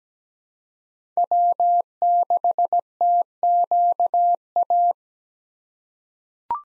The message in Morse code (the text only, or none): W6TQA